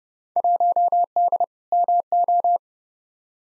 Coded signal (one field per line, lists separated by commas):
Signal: Morse code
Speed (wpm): 30 wpm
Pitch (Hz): 700 Hz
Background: none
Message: 1D MO